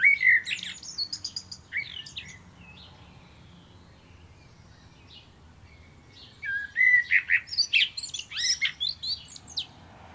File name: Turdus merula